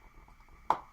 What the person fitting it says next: So if you go backwards, you'll hear that little click, and that means the thread is in the right position to engage when you twist it.